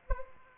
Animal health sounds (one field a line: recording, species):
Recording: mosquito wingbeat signal from an infrared sensor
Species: Aedes aegypti